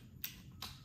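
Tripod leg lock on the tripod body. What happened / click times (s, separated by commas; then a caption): The leg lock snapped into place / 0.2 s. A Benro tripod's leg lock tab on the tripod body snaps into place with a sharp click at 0.2 s, seating the lock. A second, slightly quieter click follows at 0.6 s over a low background hum.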